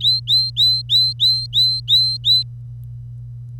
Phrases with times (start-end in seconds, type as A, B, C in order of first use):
0.01-2.43 A